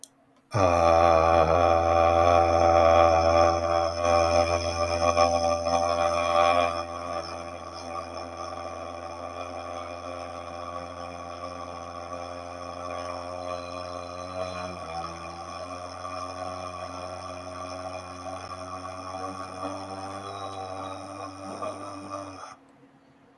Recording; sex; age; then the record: vowel held as long as possible; male; 40 to 49 years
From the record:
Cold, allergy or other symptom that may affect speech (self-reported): no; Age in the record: 48 years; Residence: Nebraska, United States